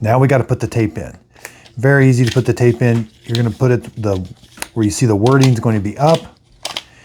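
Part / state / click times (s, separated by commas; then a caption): label tape cassette into label maker / seated / 6.7 s, 6.8 s. Someone talks while pressing a label tape cassette, wording facing up, into the plastic compartment of a Brother P-Touch PT-D210 label maker. Sharp clicks at 6.7 s and 6.8 s mark the cassette snapping home, and it is seated.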